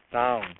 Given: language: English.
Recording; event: throat vibration sensor signal played as sound; speech